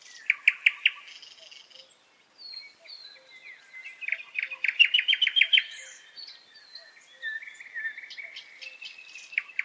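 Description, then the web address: Nightingale giving bursts of sharp repeated notes, pauses with soft whistles, then another rapid loud series followed by further whistles and repeated notes. "Голоса птиц Соловей"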